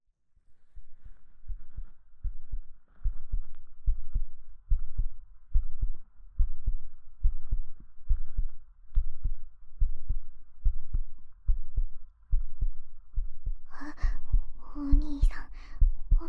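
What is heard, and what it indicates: Steady, soft low thumps repeat at about 71 a minute over a faint constant hum, with brief louder rustling and voice-like sounds near the end. This is a regular adult heartbeat at a normal resting rate, heard close against the chest.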